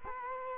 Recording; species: mosquito wingbeat signal from an infrared sensor; Culex quinquefasciatus